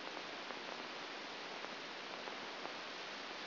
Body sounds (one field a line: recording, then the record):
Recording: brain microelectrode recording played as sound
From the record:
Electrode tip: outside the subthalamic nucleus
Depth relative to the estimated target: -6 mm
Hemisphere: left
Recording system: AlphaMap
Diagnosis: Parkinson's disease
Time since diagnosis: 9 years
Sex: male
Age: 68 years